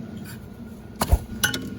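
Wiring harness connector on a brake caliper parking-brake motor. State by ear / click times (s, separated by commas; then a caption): released / 1.0 s. A plastic wiring harness connector is pulled off the electric parking-brake motor on the back of a brake caliper of a 2018 Hyundai Sonata after its lock clip is released with a screwdriver. A sharp plastic click is heard at 1.0 s, followed by a smaller click around 1.5 s. The connector pops right off and is released.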